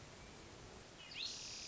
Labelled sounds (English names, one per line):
Hermit Thrush